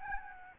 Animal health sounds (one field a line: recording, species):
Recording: mosquito wingbeat signal from an infrared sensor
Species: Aedes albopictus